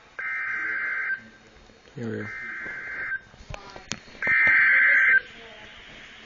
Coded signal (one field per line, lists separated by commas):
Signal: Emergency Alert System (SAME) tones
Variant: header bursts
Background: speech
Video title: EAS 19-22 SVRs and TORs Southern Illinois